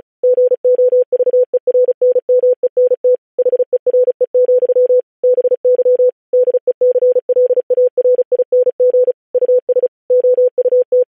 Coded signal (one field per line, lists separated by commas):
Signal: Morse code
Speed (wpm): 36 wpm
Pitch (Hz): 500 Hz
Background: none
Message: GOVERNMENT HERE, BY DECLARING US OUT